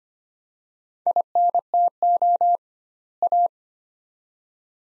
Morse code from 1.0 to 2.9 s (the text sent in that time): INTO